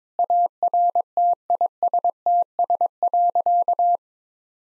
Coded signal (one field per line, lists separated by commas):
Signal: Morse code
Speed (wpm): 22 wpm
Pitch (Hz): 700 Hz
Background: none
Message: ARTISTS.